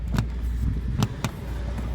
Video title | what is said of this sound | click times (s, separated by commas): Porsche 986 door actuator replacement fix window drop and central locking issue | Just got my fingers underneath and levering it until you hear it pop out | 0.2 s, 1.0 s, 1.2 s